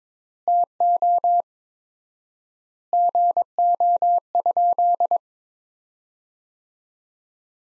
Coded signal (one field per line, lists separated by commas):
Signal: Morse code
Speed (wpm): 21 wpm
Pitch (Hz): 700 Hz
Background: none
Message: TO GO?